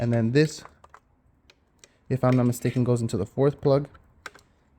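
Someone talks while a plastic wiring connector for the backup camera input is pushed into the fourth port on the back of an aftermarket Tesla-style CarPlay radio for a Jeep Grand Cherokee, with a few faint ticks in the pause. A sharp click at 4.3 s marks the connector seating in the port.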